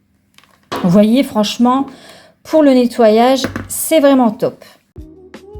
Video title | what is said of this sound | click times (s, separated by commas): NOUVEL ASPIRATEUR / PETIT TOUR CHEZ ACTION + HAUL ACTION & RÉNOVATION ESCALIER ( Début ) | voilà c'est clipsé | 0.4 s